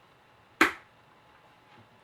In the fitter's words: just that when it pops into place just what you have to do is press here